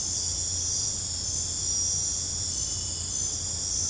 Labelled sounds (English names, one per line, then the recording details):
none
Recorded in dense forest near Puerto Asís, Putumayo, Colombia, on 20 December 2024 at 23:30
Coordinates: 0.481, -76.323
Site G100